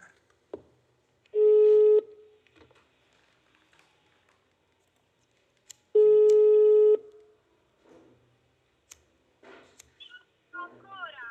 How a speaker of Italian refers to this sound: Sì, ma il babbo doveva rispondere al telefono.